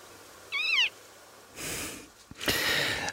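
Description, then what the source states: Western marsh harrier call, a single short squeaky wavering note dropping in pitch, followed by bursts of rushing noise. Spring display flight: males rise high and tumble while calling; sounds comical, like a dog biting a squeaky toy.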